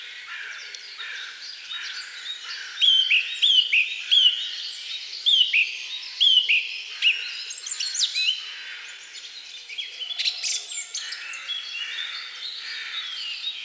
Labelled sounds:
Song Thrush song

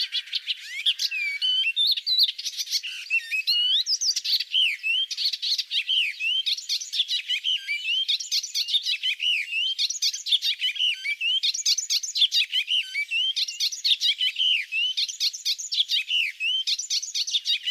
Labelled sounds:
Icterine Warbler song

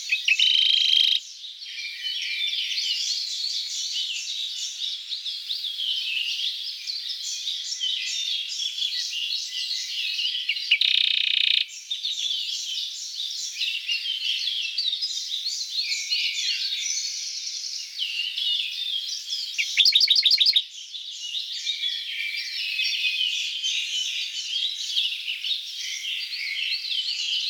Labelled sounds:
Radde's Warbler song

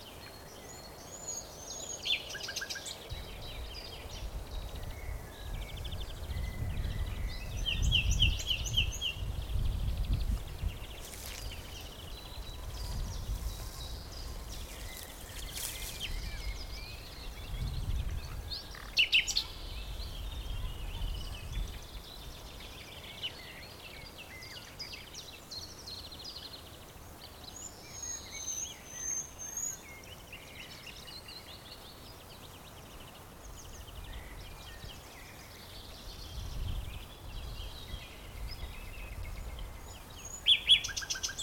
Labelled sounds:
Common Nightingale

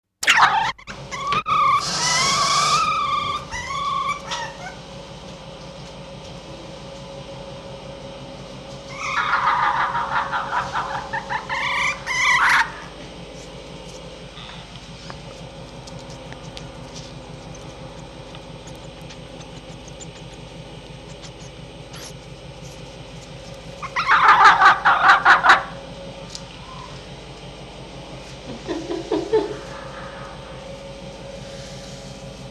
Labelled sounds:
Red Fox

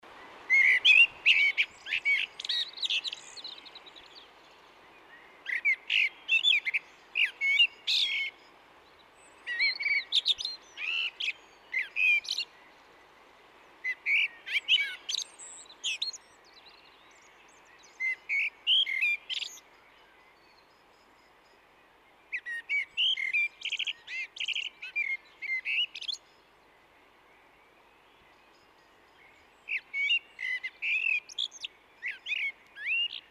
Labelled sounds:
Common Blackbird song

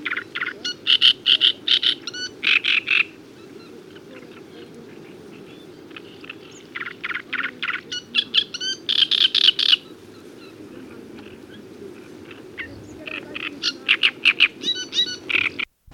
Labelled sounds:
Great Reed Warbler song

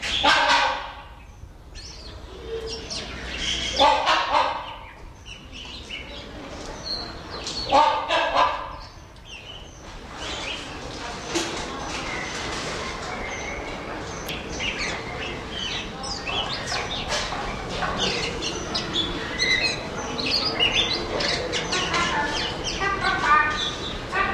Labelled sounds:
Rhinoceros Hornbill duetting

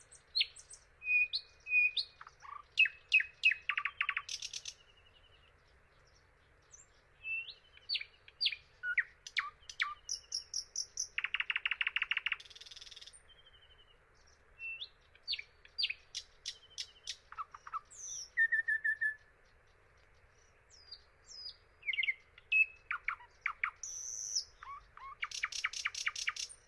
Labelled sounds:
Thrush Nightingale song

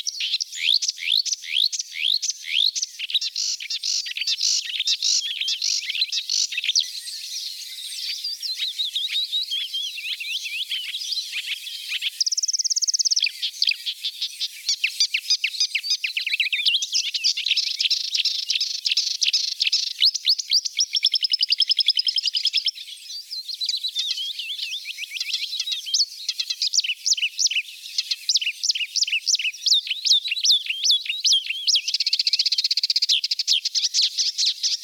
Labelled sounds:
Marsh Warbler song

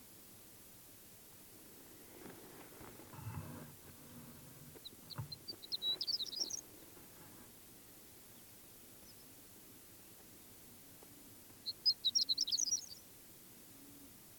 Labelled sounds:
Horned Lark

